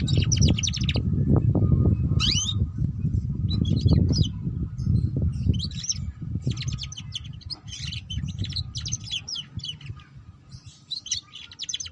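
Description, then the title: Canary song of scattered high trills and chirps throughout, including a quick upswept note early on, against low rumbling noise. Belgian canary; song played to warm up and stimulate singing, suited as a lure for canaries learning the ngeriwik song style. "Canto Para Esquentar Canário Belga. Suara Kenari Belajar Bunyi Ngeriwik || Cocok Untuk Pancingan Kenari Ngeriwik"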